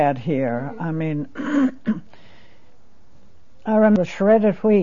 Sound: coughs

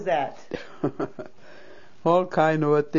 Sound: she laughs

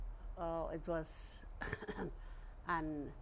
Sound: coughs

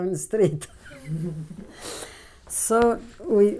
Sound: chuckles

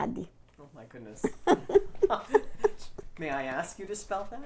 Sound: they laugh

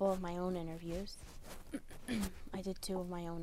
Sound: she clears her throat

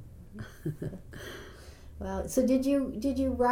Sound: chuckles

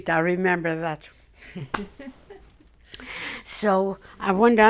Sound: they laugh

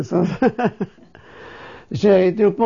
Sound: he laughs

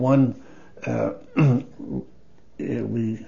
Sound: clears throat

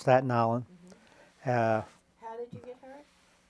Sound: none

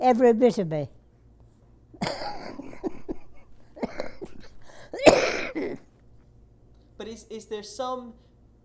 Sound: laughs/Coughs

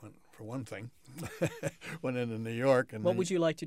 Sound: chuckles

